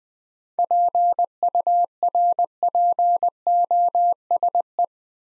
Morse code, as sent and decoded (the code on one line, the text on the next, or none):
.--. ..- .-. .--. --- ... .
PURPOSE